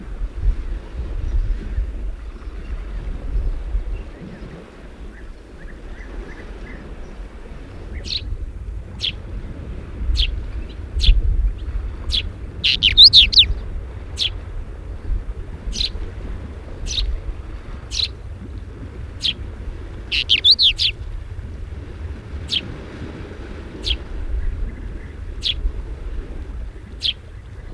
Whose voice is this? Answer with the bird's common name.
Pied Wheatear